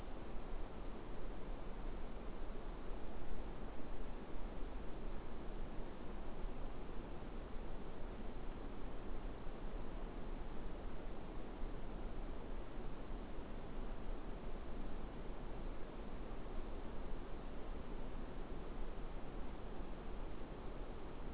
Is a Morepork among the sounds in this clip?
no